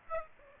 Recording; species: mosquito wingbeat signal from an infrared sensor; Aedes aegypti